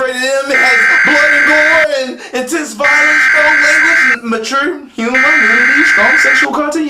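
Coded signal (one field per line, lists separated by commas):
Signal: Emergency Alert System (SAME) tones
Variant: header bursts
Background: speech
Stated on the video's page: Mock national test, not real.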